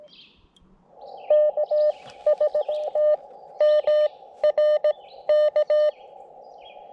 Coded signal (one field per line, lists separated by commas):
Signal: Morse code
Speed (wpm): 16 wpm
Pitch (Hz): 600 Hz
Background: none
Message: KST MR K